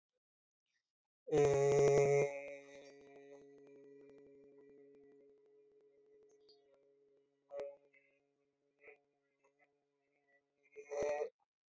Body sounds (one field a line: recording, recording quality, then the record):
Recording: sustained vowel as in made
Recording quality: moderate, slight background noise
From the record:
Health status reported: healthy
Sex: male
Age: 28 years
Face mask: not worn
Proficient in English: yes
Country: India